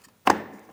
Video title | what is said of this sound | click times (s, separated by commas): How to Replace Fog Lamp Assemblies 2007-2014 Ford Edge | Audible click. | 0.3 s